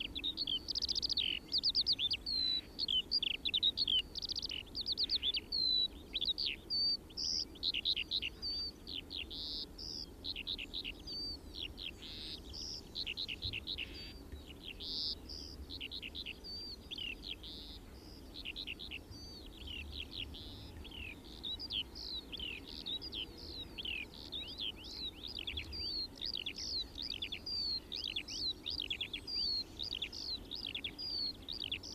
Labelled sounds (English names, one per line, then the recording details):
Eurasian Skylark song
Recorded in the wild
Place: Kaiserslautern, Rheinland-Pfalz, DE
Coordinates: 49.4806, 7.71167
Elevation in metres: 350
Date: 1973-06-12
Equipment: Nagra IV, Sennheiser MKH 405, Parabolreflektor
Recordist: Tretzel, Erwin